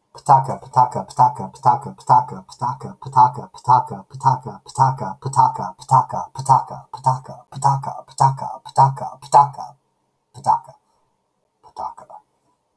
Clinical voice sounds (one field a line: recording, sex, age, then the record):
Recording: repeated syllables /pa ta ka/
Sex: male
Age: 50 to 59 years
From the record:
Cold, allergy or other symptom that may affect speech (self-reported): no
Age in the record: 52 years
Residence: California, United States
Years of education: 19